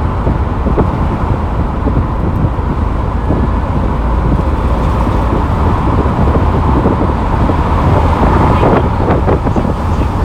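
Inside a taxi driving on a summer night with the window open, a steady low road rumble and wind roar continue throughout, with faint voices.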